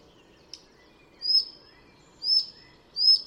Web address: chant didier collin gobemouche a collier